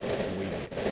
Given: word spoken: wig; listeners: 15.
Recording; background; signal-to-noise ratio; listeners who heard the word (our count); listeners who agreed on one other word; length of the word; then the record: one English word in noise, from a listening test; noise modulated by three-talker babble; -4.1 dB; 0 of 15; 13 of 15; 0.51 s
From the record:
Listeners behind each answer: 13, 1, 1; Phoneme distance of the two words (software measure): 20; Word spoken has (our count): 1 syllable, 3 phonemes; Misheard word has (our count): 1 syllable, 3 phonemes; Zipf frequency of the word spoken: 3.82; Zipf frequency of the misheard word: 4.33